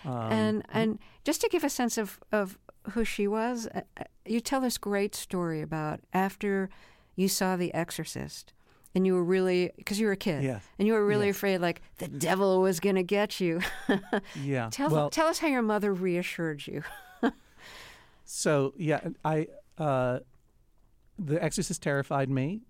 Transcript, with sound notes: And just to give a sense of who she was, you tell this great story about after you saw "The Exorcist," and you were really - because you were a kid.
Yeah.
...And you were really afraid, like, the devil was going to get you (laughter).
Yeah, well...
Tell us how your mother reassured you (laughter).
So, yeah, I - "The Exorcist" terrified me